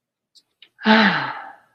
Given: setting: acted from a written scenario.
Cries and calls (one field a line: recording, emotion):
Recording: vocal sound without words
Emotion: ecstasy